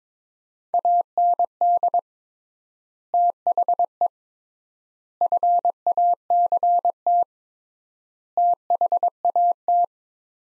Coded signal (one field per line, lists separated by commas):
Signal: Morse code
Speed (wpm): 22 wpm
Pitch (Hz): 700 Hz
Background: none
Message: AND THE FACT THAT